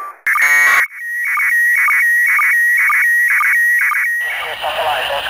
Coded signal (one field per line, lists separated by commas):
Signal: SSTV (slow-scan television)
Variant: PD 120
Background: speech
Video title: ISS Transmission -RSØISS - SSTV activity- 07-08.Apr.2022